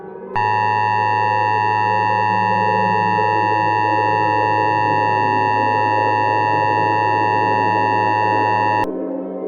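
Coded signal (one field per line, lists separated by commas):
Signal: Emergency Alert System (SAME) tones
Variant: 853 and 960 Hz attention tone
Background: music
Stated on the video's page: EAS/EBS scenario in analog horror style, simulated, with loud, high-pitched, highly distorted tones.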